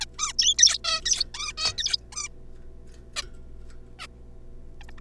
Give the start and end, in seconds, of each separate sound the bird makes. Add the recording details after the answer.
0.01-0.05, 0.19-0.33, 0.39-0.54, 0.59-0.78, 0.84-1.01, 1.06-1.24, 1.34-1.52, 1.57-1.73, 1.78-1.97, 2.12-2.28, 3.16-3.22, 3.99-4.07, 4.81-4.83, 4.89-4.90, 4.98-5.00. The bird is a juvenile. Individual R3549